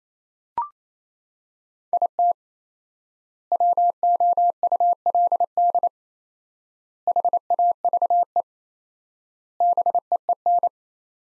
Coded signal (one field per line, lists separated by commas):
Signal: Morse code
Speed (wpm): 28 wpm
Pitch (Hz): 700 Hz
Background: none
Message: IT WOULD HAVE BEEN